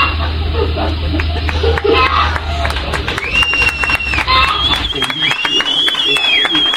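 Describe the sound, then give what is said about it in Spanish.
An audience at the Garaje Bar applauds with dense, steady clapping for several seconds, while rising and falling high-pitched whistles cut through the ovation toward the end. “aplausos ahí para la mamá del señor Espolón”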